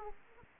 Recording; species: mosquito wingbeat signal from an infrared sensor; Aedes aegypti